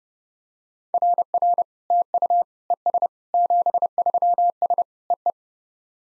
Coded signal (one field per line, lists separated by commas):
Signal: Morse code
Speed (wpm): 30 wpm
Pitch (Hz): 700 Hz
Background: none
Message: RR TU ES 73S EE